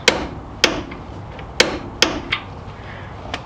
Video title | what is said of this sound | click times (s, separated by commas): Tesla Powered Vanagon Episode 49: Bigger Brakes | and we go until we hear a couple clicks | 0.1 s, 0.6 s, 1.6 s, 2.0 s